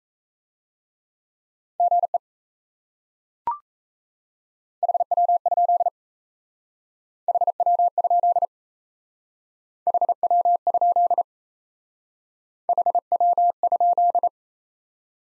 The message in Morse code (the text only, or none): GE HW? HW? HW? HW?